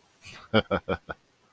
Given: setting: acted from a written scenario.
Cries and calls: vocal sound without words; amusement

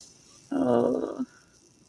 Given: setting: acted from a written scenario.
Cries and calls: vocal sound without words; guilt

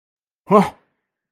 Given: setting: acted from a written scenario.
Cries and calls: vocal sound without words; anger

